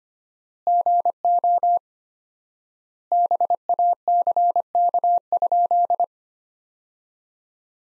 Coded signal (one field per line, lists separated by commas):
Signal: Morse code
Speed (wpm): 25 wpm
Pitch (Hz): 700 Hz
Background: none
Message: GO BACK?